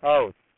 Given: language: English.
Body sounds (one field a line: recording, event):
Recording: throat vibration sensor signal played as sound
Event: speech